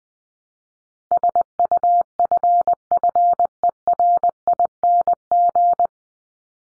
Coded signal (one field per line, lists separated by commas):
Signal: Morse code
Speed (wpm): 20 wpm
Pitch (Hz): 700 Hz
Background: none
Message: SUFFERING